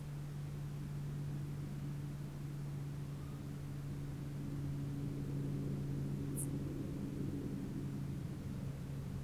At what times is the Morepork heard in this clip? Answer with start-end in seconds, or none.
2.93-3.45